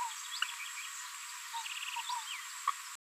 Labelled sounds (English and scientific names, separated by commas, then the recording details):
Green-rumped Parrotlet (Forpus passerinus) babbling
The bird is a female
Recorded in a nest box in Venezuela
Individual 17B73B2